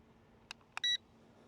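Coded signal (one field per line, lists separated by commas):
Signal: beep code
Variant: drone controller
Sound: two quick clicks followed by one short high beep, about a tenth of a second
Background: quiet room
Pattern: 1 short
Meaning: Gyro calibration has completed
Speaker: And so there we got a gyro calibration, so that's good. Heard it beep again.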